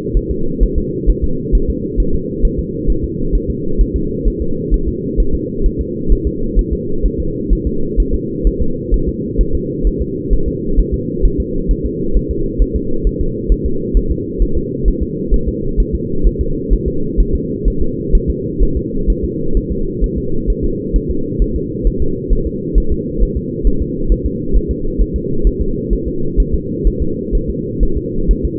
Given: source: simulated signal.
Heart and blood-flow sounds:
fetal heart sounds
0.17 s: S1
0.31 s: S2
0.63 s: S1
0.78 s: S2
1.10 s: S1
1.24 s: S2
1.55 s: S1
1.70 s: S2
2.00 s: S1
2.15 s: S2
2.45 s: S1
2.59 s: S2
2.90 s: S1
3.04 s: S2
3.35 s: S1
3.50 s: S2
3.81 s: S1
3.96 s: S2
4.28 s: S1
4.42 s: S2
4.74 s: S1
4.88 s: S2
5.20 s: S1
5.35 s: S2
5.66 s: S1
5.81 s: S2
6.12 s: S1
6.27 s: S2
6.59 s: S1
6.73 s: S2
7.06 s: S1
7.20 s: S2
7.53 s: S1
7.67 s: S2
8.00 s: S1
8.14 s: S2
8.47 s: S1
8.62 s: S2
8.94 s: S1
9.09 s: S2
9.41 s: S1
9.55 s: S2
9.87 s: S1
10.02 s: S2
10.33 s: S1
10.48 s: S2
10.79 s: S1
10.94 s: S2
11.25 s: S1
11.40 s: S2
11.71 s: S1
11.86 s: S2
12.17 s: S1
12.31 s: S2
12.62 s: S1
12.76 s: S2
13.07 s: S1
13.21 s: S2
13.52 s: S1
13.66 s: S2
13.97 s: S1
14.12 s: S2
14.42 s: S1
14.57 s: S2
14.88 s: S1
15.03 s: S2
15.34 s: S1
15.48 s: S2
15.80 s: S1
15.95 s: S2
16.27 s: S1
16.41 s: S2
16.73 s: S1
16.88 s: S2
17.20 s: S1
17.35 s: S2
17.68 s: S1
17.82 s: S2
18.15 s: S1
18.30 s: S2
18.63 s: S1
18.77 s: S2
19.10 s: S1
19.25 s: S2
19.57 s: S1
19.72 s: S2
20.04 s: S1
20.18 s: S2
20.50 s: S1
20.65 s: S2
20.96 s: S1
21.11 s: S2
21.42 s: S1
21.56 s: S2
21.87 s: S1
22.02 s: S2
22.33 s: S1
22.47 s: S2
22.78 s: S1
22.92 s: S2
23.23 s: S1
23.37 s: S2
23.67 s: S1
23.82 s: S2
24.12 s: S1
24.26 s: S2
24.57 s: S1
24.71 s: S2
25.02 s: S1
25.16 s: S2
25.47 s: S1
25.61 s: S2
25.93 s: S1
26.08 s: S2
26.40 s: S1
26.55 s: S2
26.87 s: S1
27.02 s: S2
27.35 s: S1
27.50 s: S2
27.83 s: S1
27.98 s: S2
28.31 s: S1
28.45 s: S2
From the record:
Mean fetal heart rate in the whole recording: 130 bpm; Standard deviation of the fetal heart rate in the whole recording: 2 bpm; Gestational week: 36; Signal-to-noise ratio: -8.1 dB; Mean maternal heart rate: 72 bpm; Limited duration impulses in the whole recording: absent

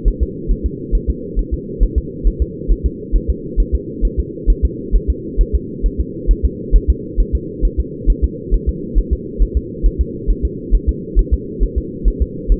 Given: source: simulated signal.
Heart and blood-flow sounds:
fetal heart sounds
0.08 s: S1
0.23 s: S2
0.51 s: S1
0.66 s: S2
0.95 s: S1
1.10 s: S2
1.39 s: S1
1.54 s: S2
1.83 s: S1
1.98 s: S2
2.27 s: S1
2.42 s: S2
2.72 s: S1
2.86 s: S2
3.16 s: S1
3.30 s: S2
3.60 s: S1
3.75 s: S2
4.05 s: S1
4.19 s: S2
4.50 s: S1
4.65 s: S2
4.96 s: S1
5.10 s: S2
5.41 s: S1
5.55 s: S2
5.86 s: S1
6.00 s: S2
6.31 s: S1
6.45 s: S2
6.76 s: S1
6.90 s: S2
7.20 s: S1
7.35 s: S2
7.65 s: S1
7.80 s: S2
8.10 s: S1
8.24 s: S2
8.54 s: S1
8.69 s: S2
8.98 s: S1
9.13 s: S2
9.42 s: S1
9.57 s: S2
9.86 s: S1
10.01 s: S2
10.30 s: S1
10.45 s: S2
10.75 s: S1
10.89 s: S2
11.19 s: S1
11.34 s: S2
11.63 s: S1
11.78 s: S2
12.08 s: S1
12.22 s: S2
12.52 s: S1
From the record:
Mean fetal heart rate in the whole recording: 135 bpm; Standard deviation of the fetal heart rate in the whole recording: 3 bpm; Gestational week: 36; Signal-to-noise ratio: -4.1 dB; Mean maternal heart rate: no maternal heart sound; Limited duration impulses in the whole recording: absent

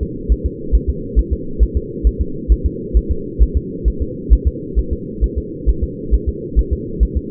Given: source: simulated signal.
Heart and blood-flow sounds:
fetal heart sounds
0.03 s: S2
0.32 s: S1
0.46 s: S2
0.75 s: S1
0.89 s: S2
1.19 s: S1
1.33 s: S2
1.63 s: S1
1.77 s: S2
2.07 s: S1
2.21 s: S2
2.52 s: S1
2.66 s: S2
2.97 s: S1
3.11 s: S2
3.43 s: S1
3.57 s: S2
3.88 s: S1
4.02 s: S2
4.33 s: S1
4.48 s: S2
4.79 s: S1
4.93 s: S2
5.24 s: S1
5.38 s: S2
5.69 s: S1
5.84 s: S2
6.14 s: S1
6.29 s: S2
6.59 s: S1
6.73 s: S2
7.03 s: S1
7.17 s: S2
From the record:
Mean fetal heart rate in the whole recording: 135 bpm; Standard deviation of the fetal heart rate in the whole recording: 3 bpm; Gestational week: 34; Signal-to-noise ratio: -4.3 dB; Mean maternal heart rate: 72 bpm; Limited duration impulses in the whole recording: absent

